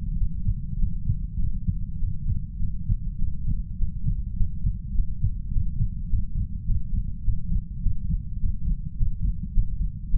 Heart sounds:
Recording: heart sounds by stethoscope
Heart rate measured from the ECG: 103 bpm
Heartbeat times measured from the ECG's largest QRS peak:
0.16 s: heartbeat
0.77 s: heartbeat
1.37 s: heartbeat
1.98 s: heartbeat
2.58 s: heartbeat
3.17 s: heartbeat
3.76 s: heartbeat
4.35 s: heartbeat
4.93 s: heartbeat
5.51 s: heartbeat
6.08 s: heartbeat
6.65 s: heartbeat
7.23 s: heartbeat
7.81 s: heartbeat
8.39 s: heartbeat
8.96 s: heartbeat
9.52 s: heartbeat
10.09 s: heartbeat
From the record:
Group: healthy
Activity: Valsalva maneuver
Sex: male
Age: 33 years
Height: 179 cm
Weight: 80.4 kg

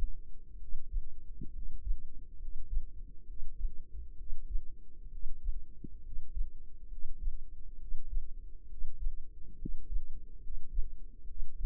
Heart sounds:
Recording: heart sounds by microphone in the left ear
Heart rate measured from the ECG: 67 bpm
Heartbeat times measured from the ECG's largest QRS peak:
0.57 s: heartbeat
1.50 s: heartbeat
2.37 s: heartbeat
3.25 s: heartbeat
4.15 s: heartbeat
5.09 s: heartbeat
6.01 s: heartbeat
6.87 s: heartbeat
7.77 s: heartbeat
8.67 s: heartbeat
9.57 s: heartbeat
10.39 s: heartbeat
11.25 s: heartbeat
From the record:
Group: healthy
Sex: male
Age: 20 years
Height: 167 cm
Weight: 61 kg

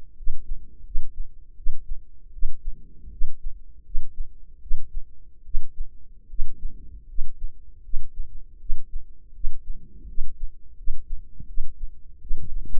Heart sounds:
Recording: heart sounds by microphone in the left ear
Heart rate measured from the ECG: 80 bpm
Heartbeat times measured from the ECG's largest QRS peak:
0.16 s: heartbeat
0.84 s: heartbeat
1.56 s: heartbeat
2.32 s: heartbeat
3.10 s: heartbeat
3.84 s: heartbeat
4.60 s: heartbeat
5.44 s: heartbeat
6.28 s: heartbeat
7.07 s: heartbeat
7.82 s: heartbeat
8.59 s: heartbeat
9.33 s: heartbeat
10.07 s: heartbeat
10.76 s: heartbeat
11.46 s: heartbeat
12.20 s: heartbeat
From the record:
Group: healthy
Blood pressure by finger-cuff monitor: 99/56 mmHg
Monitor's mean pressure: 69 mmHg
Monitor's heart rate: 80 bpm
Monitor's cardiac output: 7.3 L/min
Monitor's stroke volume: 91 mL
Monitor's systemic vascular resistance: 690 dyn s/cm5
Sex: female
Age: 22 years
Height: 157 cm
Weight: 47.6 kg

